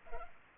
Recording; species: mosquito wingbeat signal from an infrared sensor; Culex pipiens